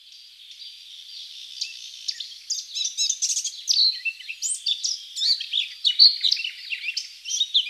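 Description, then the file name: Eurasian blackcap giving a fast, jumbled warble of squeaky and chattering notes, building in loudness after a soft opening. "Sylvia atricapilla"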